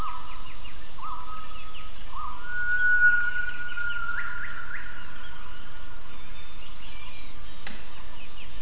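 Gibbon giving long, steady tonal hoots that rise in pitch, over constant hiss.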